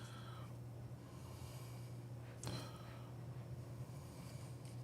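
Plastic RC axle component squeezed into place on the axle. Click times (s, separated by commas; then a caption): 2.4 s. A plastic RC axle part, set on top of the axle, is squeezed down by hand over a steady low hum. A sharp click at 2.4 s marks the part locking into place, and it is seated.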